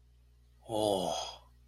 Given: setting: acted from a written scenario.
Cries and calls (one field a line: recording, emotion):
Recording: vocal sound without words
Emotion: romantic love